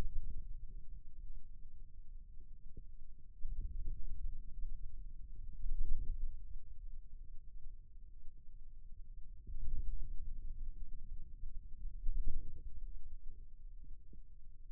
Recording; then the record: forearm muscle sounds (acoustic myography)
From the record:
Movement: wrist flexion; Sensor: system 2, bracelet of six BSWA MPA416 microphones around the upper forearm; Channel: 1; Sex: male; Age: 22 years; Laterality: right